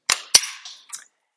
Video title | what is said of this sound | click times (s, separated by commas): 2017-2022 VOLVO V90 5-dr Wagon with Flush Side Rails - Thule's Best Roof Rack Crossbars | okay next we can go ahead and return this outer cover into place just by pressing that with a with a snap into place | 0.3 s